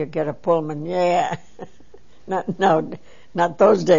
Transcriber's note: she laughs